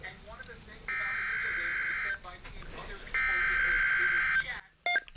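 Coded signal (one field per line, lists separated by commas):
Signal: Emergency Alert System (SAME) tones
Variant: header bursts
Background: speech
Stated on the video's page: Recorded off a weather radio with a Canon EOS Rebel SL3 camera and Rode VideoMic Pro.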